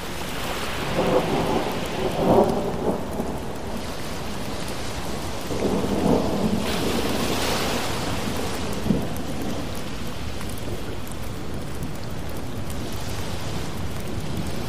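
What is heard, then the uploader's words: Thunderstorm rain with ocean waves: a dense, steady hiss of rain runs throughout over a constant low rumble. Soft swelling surges rise and fall around two, six and seven to eight seconds, like waves washing in, with a brief louder knock near nine seconds. Thunderstorm Rain Sounds With Ocean Waves.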